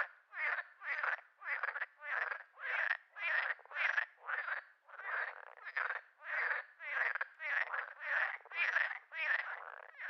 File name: Digiffects Sound Effects Library - Frog Laughing